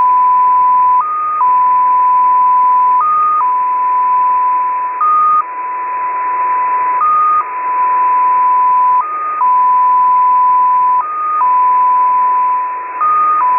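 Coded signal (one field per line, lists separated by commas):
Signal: multi-tone FSK (Olivia or MFSK type)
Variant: XPA2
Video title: XPA2 Data Mode 07/10/2023 1500 UTC 13906kHz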